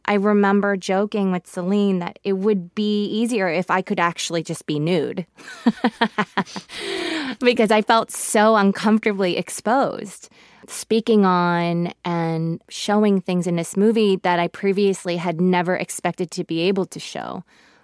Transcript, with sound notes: I remember joking with Celine that it would be easier if I could actually just be nude (laughter), because I felt so uncomfortably exposed speaking on and showing things in this movie that I previously had never expected to be able to show